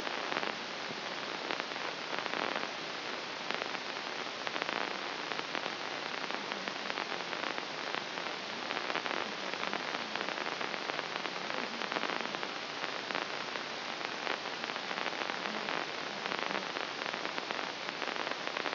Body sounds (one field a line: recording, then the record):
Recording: brain microelectrode recording played as sound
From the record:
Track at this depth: inside the subthalamic nucleus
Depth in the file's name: 1.34 mm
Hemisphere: left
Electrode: 3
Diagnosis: Parkinson's disease